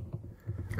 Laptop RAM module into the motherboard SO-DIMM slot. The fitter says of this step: press it down and you'll hear a couple of little clicks